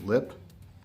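A wiper blade's front end is slid up under the lip on a wiper arm using adapter B while someone talks briefly at the start, followed by quiet handling with only a faint soft tick around 0.5 s. The clip ends before the blade is pressed down, so nothing has seated or clicked yet.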